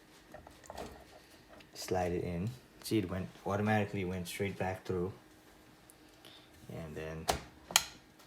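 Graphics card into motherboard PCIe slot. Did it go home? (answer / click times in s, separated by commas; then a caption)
yes / 7.8 s. A graphics card, one of two EVGA GTX 760 SC cards being reinstalled in place of an MSI Suprim X RTX 3080 in a 4770K system, is lined up and pressed down into the motherboard's PCIe slot while someone talks. Light handling taps lead up to a sharp click at 7.8 s as the slot's retention latch catches, and the card is seated.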